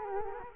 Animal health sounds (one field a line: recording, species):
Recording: mosquito wingbeat signal from an infrared sensor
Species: Culex quinquefasciatus